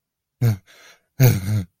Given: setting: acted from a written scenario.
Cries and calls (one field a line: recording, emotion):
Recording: vocal sound without words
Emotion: distress